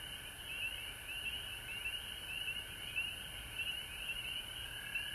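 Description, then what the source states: Frogs chorusing, rapid pulsed trills overlapping in quick succession against a softer background hum. Recorded at home in Georgia on March 19, 2020.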